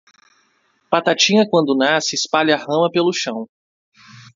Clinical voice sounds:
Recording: short text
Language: Brazilian Portuguese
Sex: male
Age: 20 to 29 years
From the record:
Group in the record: control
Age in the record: 29 years

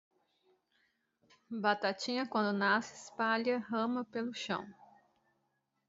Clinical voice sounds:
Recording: short text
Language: Brazilian Portuguese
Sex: female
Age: 30 to 39 years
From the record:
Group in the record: control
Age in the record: 38 years

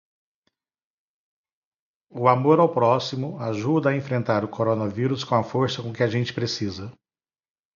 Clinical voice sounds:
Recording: spoken sentence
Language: Brazilian Portuguese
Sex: male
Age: 50 to 59 years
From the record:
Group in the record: control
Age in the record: 53 years

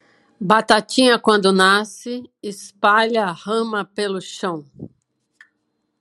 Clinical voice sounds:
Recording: short text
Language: Brazilian Portuguese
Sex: female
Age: 50 to 59 years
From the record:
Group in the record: control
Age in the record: 54 years

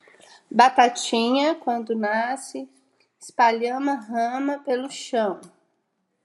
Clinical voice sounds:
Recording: short text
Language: Brazilian Portuguese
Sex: female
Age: 40 to 49 years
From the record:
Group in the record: control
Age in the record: 47 years

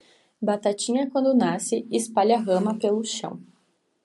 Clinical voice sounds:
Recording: short text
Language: Brazilian Portuguese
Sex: female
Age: 20 to 29 years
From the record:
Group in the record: control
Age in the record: 26 years

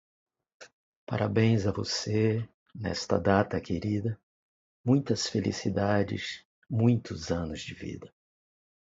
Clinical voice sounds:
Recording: short text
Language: Brazilian Portuguese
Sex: male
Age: 50 to 59 years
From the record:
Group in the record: control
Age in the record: 58 years

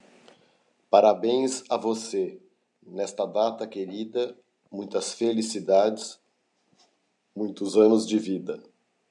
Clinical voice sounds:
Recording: short text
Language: Brazilian Portuguese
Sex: male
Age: 50 to 59 years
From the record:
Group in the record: control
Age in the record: 53 years

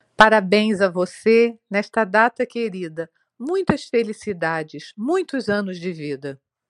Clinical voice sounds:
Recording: short text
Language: Brazilian Portuguese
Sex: female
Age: 60 to 69 years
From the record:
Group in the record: control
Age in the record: 62 years

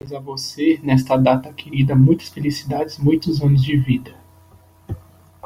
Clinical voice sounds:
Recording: short text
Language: Brazilian Portuguese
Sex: male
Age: 20 to 29 years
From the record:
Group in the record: control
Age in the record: 22 years

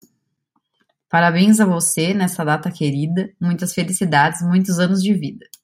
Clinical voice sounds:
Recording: short text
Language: Brazilian Portuguese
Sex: female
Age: 30 to 39 years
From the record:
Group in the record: control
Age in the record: 30 years

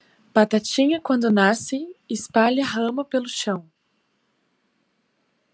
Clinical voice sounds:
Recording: short text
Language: Brazilian Portuguese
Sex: female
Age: 20 to 29 years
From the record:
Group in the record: control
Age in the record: 24 years

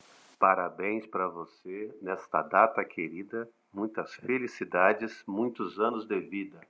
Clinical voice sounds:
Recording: short text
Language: Brazilian Portuguese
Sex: male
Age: 40 to 49 years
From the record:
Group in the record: control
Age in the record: 48 years

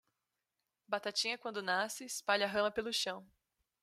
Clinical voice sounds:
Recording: short text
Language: Brazilian Portuguese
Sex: female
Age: 20 to 29 years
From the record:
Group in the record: control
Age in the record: 29 years

